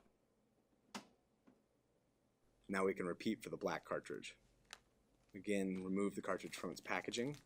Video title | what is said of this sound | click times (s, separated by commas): Unboxing and Setting Up the HP Deskjet 1510 All in One Printer #HP #HPSupport | slide the tri-color cartridge into the correct slot on the printer push the cartridge in until it snaps into place | 0.9 s